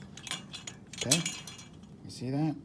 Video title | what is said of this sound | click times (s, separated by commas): Dishwasher Adjuster Replacement Kenmore / Whirlpool | dog here right through until it clicks okay | 0.3 s